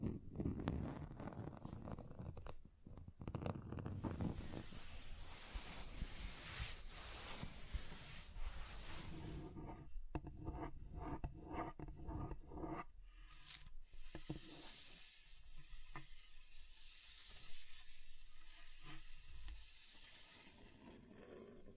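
Scratching across table surfaces, dense rough rasping that changes texture, heavier and lower early on, then thinner, brighter strokes after ten seconds.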